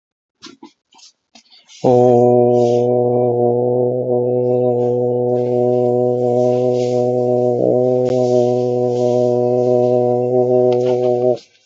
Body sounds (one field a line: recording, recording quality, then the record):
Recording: sustained vowel as in boot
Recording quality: excellent, no background noise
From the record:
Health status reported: healthy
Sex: male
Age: 40 years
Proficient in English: yes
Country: India